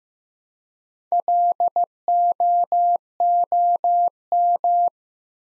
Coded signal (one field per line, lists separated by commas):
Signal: Morse code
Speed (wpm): 15 wpm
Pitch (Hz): 700 Hz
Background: none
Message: LOOM